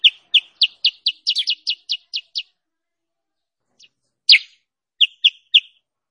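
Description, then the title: Sooty-headed bulbul, a quick row of crisp chirps, a silent gap of over a second, then one louder note and three more chirps. Indonesian masteran training and lure (pikat) recording used for trapping or teaching songbirds. "Masteran Kutilang Sutra. suara pikat burung kutilang sutra"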